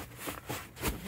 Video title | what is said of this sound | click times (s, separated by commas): Renault Twizy : Démonter et améliorer la sellerie du siège avant / Remove and improve the front seat | on entend clac clac. | 0.4 s